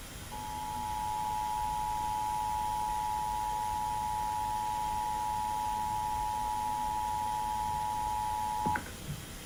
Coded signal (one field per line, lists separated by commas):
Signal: Emergency Alert System (SAME) tones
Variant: 853 and 960 Hz attention tone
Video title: Iowa Required Monthly Tests (EAS #889-902)